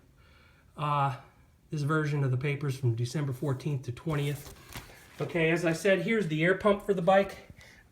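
A tire air pump for a 1968 Suzuki T500 Cobra motorcycle is handled before being pressed into its mounting clips on the side of the frame, while someone talks through most of the clip. Nothing has seated or clicked yet.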